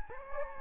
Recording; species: mosquito wingbeat signal from an infrared sensor; Anopheles gambiae